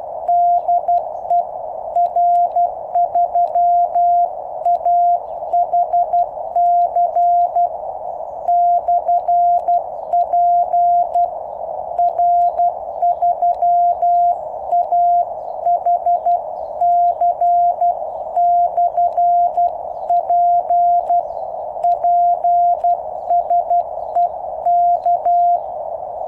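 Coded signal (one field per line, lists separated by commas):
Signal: Morse code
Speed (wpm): 12 wpm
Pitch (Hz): 700 Hz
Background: none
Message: DE R3AHC /P R3AHC /P PSE K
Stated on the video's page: QRP CW from a QCX-mini on 3x18650 batteries, 10 m end-fed antenna with 1:64 balun on a 7 m fishing-pole mast, Moscow.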